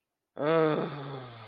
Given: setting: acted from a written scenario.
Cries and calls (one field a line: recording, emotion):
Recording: vocal sound without words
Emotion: contempt